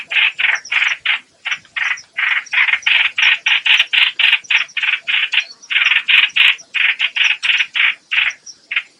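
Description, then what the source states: Bulbul giving a steady run of short, rasping chattering notes, several per second, with only brief gaps throughout. Lure call used to attract the bird.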